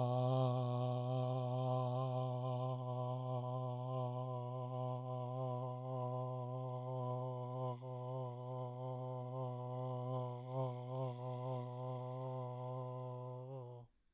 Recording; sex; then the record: sustained vowel /a/; male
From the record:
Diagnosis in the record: Parkinson's disease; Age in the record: 68 years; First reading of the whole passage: 84 s, 6.2 characters per second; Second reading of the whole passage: 63 s, 8.2 characters per second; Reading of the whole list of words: 57 s, 5.0 characters per second